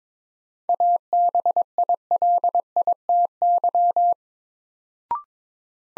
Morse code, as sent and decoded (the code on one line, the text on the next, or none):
.- -... .. .-.. .. - -.--
ABILITY